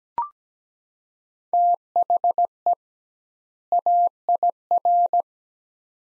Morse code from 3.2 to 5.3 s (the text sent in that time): AIR